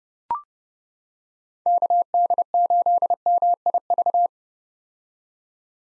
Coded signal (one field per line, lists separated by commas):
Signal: Morse code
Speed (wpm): 30 wpm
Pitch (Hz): 700 Hz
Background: none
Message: KD8MIV